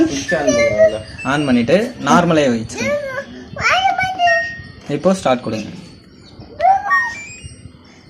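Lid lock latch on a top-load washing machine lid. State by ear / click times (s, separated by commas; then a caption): not seated / none. Someone talks beside an LG 9 kg top-load washing machine while its lid lock latch is handled, with no other distinct sounds. The clip ends before the start press engages the lid's electric door lock, so nothing has seated or clicked yet.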